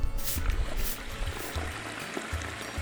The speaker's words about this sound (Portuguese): É chuva no semiárido. Sabia que é possível garantir a água o ano todo na sua cisterna, coletando água da chuva?